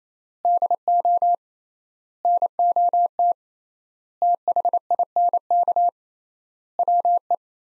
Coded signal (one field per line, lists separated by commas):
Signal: Morse code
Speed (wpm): 28 wpm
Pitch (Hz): 700 Hz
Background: none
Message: DO NOT THINK WE